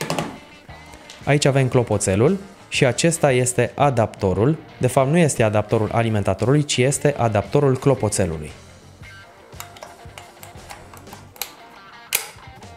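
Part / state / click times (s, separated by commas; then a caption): chime adapter into doorbell chime unit / seated / 11.4 s, 12.1 s. Someone talks over background music, then the plastic adapter for the doorbell chime of an Imou Doorbell 2S kit is fitted onto the chime unit with a few light handling taps. Sharp clicks at 11.4 s and 12.2 s mark the adapter latching into place, seated on the chime unit.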